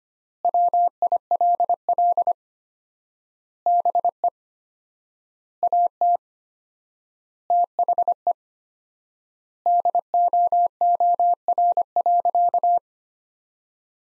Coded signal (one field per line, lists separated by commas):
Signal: Morse code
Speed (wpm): 25 wpm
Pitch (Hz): 700 Hz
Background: none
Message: WILL BE AT THE DOOR.